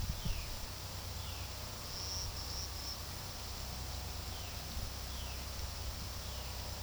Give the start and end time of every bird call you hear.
0.00s-1.53s: Roadside Hawk (1.9-4.1 kHz)
4.15s-6.54s: Roadside Hawk (1.9-4.1 kHz)

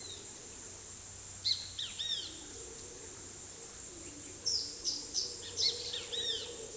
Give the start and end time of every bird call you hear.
1.34s-2.38s: Great Kiskadee (1.0-6.8 kHz)
4.38s-5.70s: Social Flycatcher (2.7-7.1 kHz)
5.34s-6.58s: Great Kiskadee (0.7-6.3 kHz)

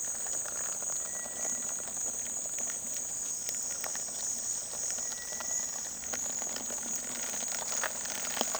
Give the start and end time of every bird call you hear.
0.86s-1.72s: Cinereous Tinamou (1.4-2.4 kHz)
4.83s-6.00s: Cinereous Tinamou (1.2-2.8 kHz)

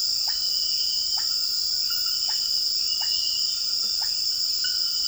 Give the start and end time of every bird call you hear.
0.00s-5.07s: Common Pauraque (0.5-2.6 kHz)

